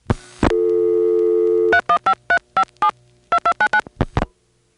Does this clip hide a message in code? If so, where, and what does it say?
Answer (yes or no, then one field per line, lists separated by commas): yes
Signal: DTMF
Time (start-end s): 1.7-3.8 s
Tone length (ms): 70 ms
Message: 315357 2299